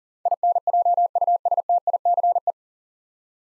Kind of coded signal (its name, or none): Morse code